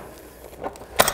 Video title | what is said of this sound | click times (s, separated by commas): Koller Engineering - EXCEL 120 Combined - Tutorial | again making sure you hear it click | 0.8 s, 1.0 s